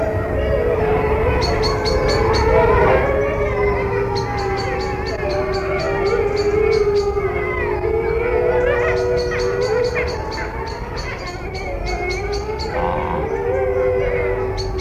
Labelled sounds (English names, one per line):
Gray Wolf howling